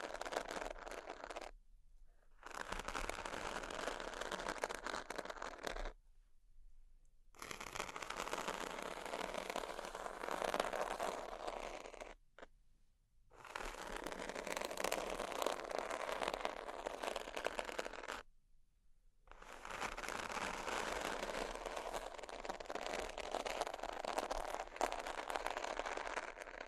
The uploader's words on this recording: ASMR Extremely Sleepy Sheets Scratching Tapping（No Talking）.